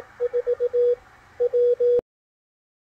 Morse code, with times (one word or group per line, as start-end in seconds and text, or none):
0.2-0.9 4
1.4-2.0 W